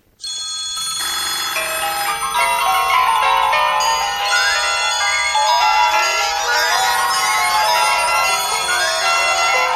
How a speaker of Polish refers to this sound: I teraz jest dowód na to, to będzie dowód na to, że cała redakcja z różnych telefonów próbowała się do niego dodzwonić.